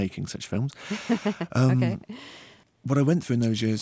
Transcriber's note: soundbite of laughter